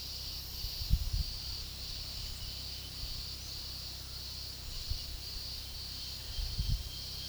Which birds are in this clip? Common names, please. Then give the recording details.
none. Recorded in pastures near Puerto Asís, Putumayo, Colombia, on 19 February 2024 at 09:30. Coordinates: 0.486, -76.323. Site G6462